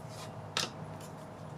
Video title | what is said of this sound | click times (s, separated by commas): Replacing Ring Doorbell with Reolink Doorbell Camera - Step-by-Step Installation Guide | this one doesn't use a screw. It just snaps in place. | 0.6 s